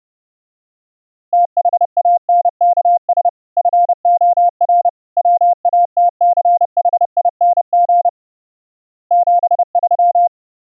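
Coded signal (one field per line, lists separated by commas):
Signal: Morse code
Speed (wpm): 30 wpm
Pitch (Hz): 700 Hz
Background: none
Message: THANKS FOR WATCHING 73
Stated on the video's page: CW audio generated by FLdigi and sent over the internet through a VST host and an Opus codec plugin.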